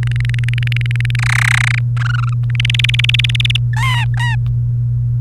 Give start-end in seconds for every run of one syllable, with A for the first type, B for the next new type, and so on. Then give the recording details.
0.03-1.16 A, 1.19-1.79 B, 1.97-2.33 C, 2.49-3.56 D, 3.73-4.36 E. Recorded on 28 April 2018 at 12:33. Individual llb3